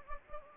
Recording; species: mosquito wingbeat signal from an infrared sensor; Anopheles gambiae